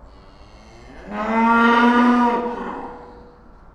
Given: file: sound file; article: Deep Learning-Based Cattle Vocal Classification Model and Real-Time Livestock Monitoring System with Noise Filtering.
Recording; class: cattle; estrus call